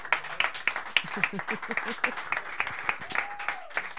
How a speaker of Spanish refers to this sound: Fuerte el aplauso.